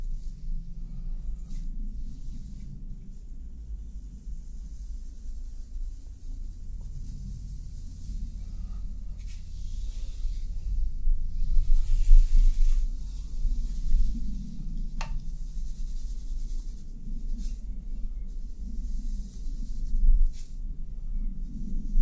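Hair play: a soft, steady low rustle with faint hiss above, swelling slightly midway, broken by occasional sharp ticks every few seconds.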